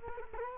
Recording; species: mosquito wingbeat signal from an infrared sensor; Culex quinquefasciatus